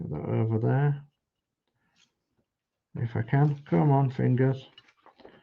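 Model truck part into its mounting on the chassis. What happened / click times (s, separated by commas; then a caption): The part is being handled but has not clicked home yet / none. Fingers press the matching second part of a 1/12 scale Eddie Stobart DAF model truck kit toward its mounting on the chassis while someone talks. Faint handling ticks are heard near 4.9, 5.1 and 5.2 seconds. The part has not seated or clicked into place yet.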